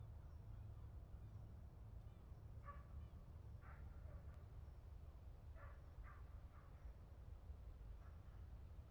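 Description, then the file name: Dog barking: several barks, some in quick succession, over a continuous low rumble, with faint high bird calls. General outdoor atmosphere in a polder with a barking dog. "Algemene sfeer in een polder met een blaffende hond - Beeld en Geluid"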